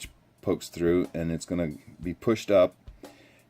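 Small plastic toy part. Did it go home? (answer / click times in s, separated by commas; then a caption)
yes / 3.1 s. A plastic missile is pushed up into an action figure's jetpack launcher while someone talks. A single short click at 3.1 s marks the missile locking in place.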